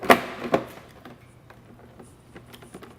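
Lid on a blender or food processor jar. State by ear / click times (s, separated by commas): seated / 0.1 s, 0.5 s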